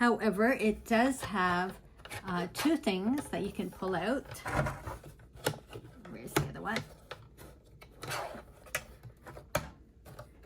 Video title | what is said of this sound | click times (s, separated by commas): Tips for the Tim Holtz Rotary Trimmer by Tonic | and they snap into place and it goes | 9.5 s